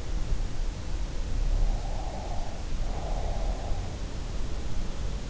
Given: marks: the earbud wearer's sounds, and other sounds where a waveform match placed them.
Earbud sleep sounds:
sounds in sleep by an in-ear microphone; breath
1.67-3.81 s: breath

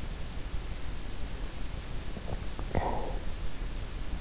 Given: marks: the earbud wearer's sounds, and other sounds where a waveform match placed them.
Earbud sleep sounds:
sounds in sleep by an in-ear microphone; swallowing
2.23-3.29 s: swallowing

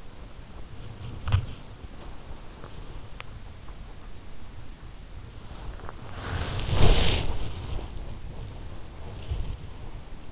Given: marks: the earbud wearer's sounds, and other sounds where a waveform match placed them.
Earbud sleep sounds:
sounds in sleep by an in-ear microphone; body movement
0.00-4.15 s: body movement
5.32-10.32 s: body movement

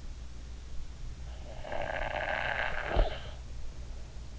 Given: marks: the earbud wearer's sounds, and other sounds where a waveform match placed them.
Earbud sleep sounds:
sounds in sleep by an in-ear microphone; snoring breath
1.23-3.54 s: snoring breath

